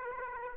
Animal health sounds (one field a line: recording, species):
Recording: mosquito wingbeat signal from an infrared sensor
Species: Aedes aegypti